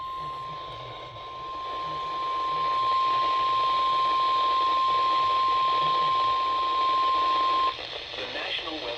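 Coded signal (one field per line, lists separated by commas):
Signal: Emergency Alert System (SAME) tones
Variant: 1050 Hz attention tone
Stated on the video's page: Severe thunderstorm warning from a NOAA weather radio station.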